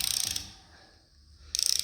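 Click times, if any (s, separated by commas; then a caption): none. A click-type torque wrench snugs up a connecting rod cap bolt in an engine block. Bursts of rapid ratchet ticking are heard from 0.0 to 0.4 seconds and again from 1.5 to 1.9 seconds, with a quiet pause between them. The wrench has not reached its setting, so there is no breakover click and nothing has clicked yet.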